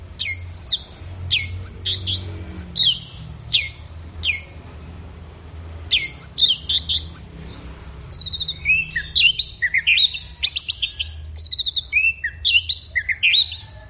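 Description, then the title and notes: Orange-headed thrush delivering a long varied song: spaced sharp downslurred notes first, then a busy jumble of twisting whistles and chattering phrases. Bird in full 'gacor' song, 'teler' style, recorded for training songbirds. "Anis Merah Gacor Teler. Suara Burung Anis"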